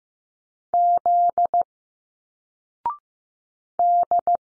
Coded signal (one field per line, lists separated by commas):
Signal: Morse code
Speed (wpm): 15 wpm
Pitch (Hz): 700 Hz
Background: none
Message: Z D